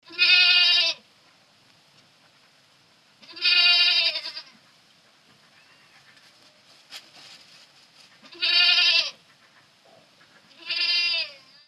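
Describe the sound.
Goat bleats, four loud nasal calls each about a second long, spaced a few seconds apart, with quiet gaps between.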